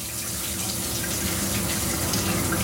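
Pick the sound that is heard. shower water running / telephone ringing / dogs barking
shower water running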